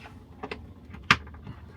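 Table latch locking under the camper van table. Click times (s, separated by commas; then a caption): 1.1 s. A second latch under a camper van table is locked into place on the other side, and a sharp, loud click sounds at 1.1 s as it seats, with fainter clicks just before and after. The table latch is locked and secure.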